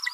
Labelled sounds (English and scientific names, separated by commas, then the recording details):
Green-rumped Parrotlet (Forpus passerinus) babbling
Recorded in a nest box in Venezuela
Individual 18B25A4